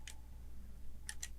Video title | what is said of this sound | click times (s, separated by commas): Lego Lord Business' Evil Lair Review | and everything is fully locked into place and plug this back in. | 1.1 s, 1.2 s